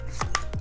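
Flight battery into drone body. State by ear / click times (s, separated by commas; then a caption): seated / 0.4 s. A back-loading flight battery is slid into the rear bay of an Autel EVO II drone, over the bottom connectors. Short knocks and scrapes come at about 0.2 s and 0.5 s, and the loudest, sharpest click comes at 0.3 s. The battery clips in and is seated.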